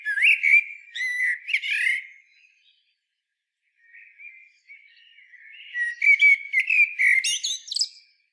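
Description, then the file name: Common blackbird delivering fluty warbled phrases with harsh twittering ends, a quiet pause, then a softer phrase building into a rich, varied warble. "Turdus merula"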